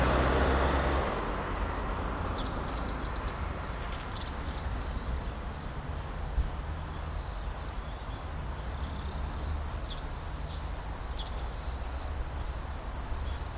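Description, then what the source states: Cricket chirping: rapid ticking pulses, then a steady high ringing trill from the ninth second on, over a low rumble that is loudest as a car passes at the start. Countryside near Kashiwa, Japan, with a car passing during the recording.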